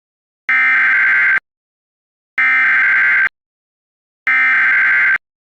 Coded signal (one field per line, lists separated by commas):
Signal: Emergency Alert System (SAME) tones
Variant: header bursts